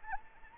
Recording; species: mosquito wingbeat signal from an infrared sensor; Anopheles arabiensis